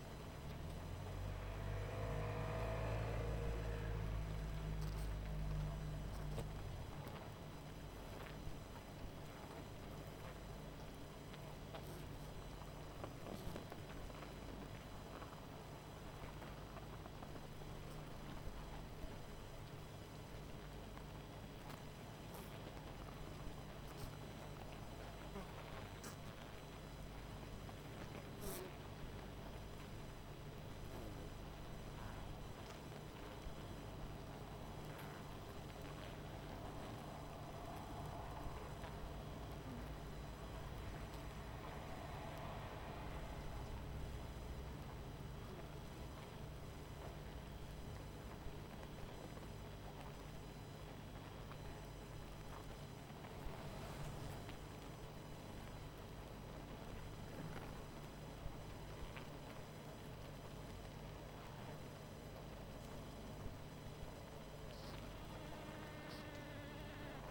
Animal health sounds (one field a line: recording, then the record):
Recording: honeybee colony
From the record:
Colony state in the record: missing queen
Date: 14 July 2017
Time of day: 20:38